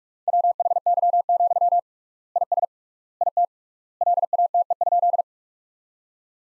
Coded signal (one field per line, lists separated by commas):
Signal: Morse code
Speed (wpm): 41 wpm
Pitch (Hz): 700 Hz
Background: none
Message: WHY, IS IT LATE?